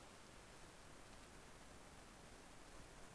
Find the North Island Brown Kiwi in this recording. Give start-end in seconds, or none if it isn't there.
none